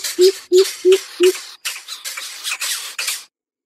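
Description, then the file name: Greater coucal calls: four deep, short hoots in quick succession, then a run of harsh, hissing rasps repeated about three times a second. Chick calling its mother. "Tieng bim bip non keu goi me"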